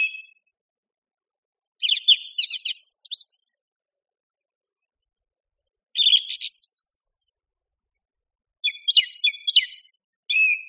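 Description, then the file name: Song thrush singing in spaced bursts, each a jumble of scratchy and whistled notes, with long silent gaps between phrases. "suara-kicauan-burung-song-thrush -omkicau"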